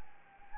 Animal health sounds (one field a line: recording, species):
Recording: mosquito wingbeat signal from an infrared sensor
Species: Anopheles gambiae